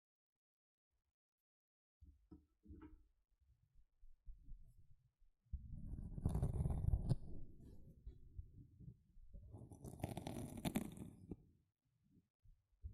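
A sponge is squished and scrubbed in irregular bursts after two seconds of silence. Short low squelches come first, then a long dense rub from about 5.5 to 9 seconds and a brighter, hissing scrape near 10 to 11 seconds before it fades.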